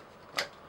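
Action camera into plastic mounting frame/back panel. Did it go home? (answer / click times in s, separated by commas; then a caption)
yes / 0.4 s. A Crosstour 4K 16MP sport action camera is clipped into its plastic back panel frame, which has two tripod mounts. A single sharp, bright click is heard at 0.4 s as the camera locks in place.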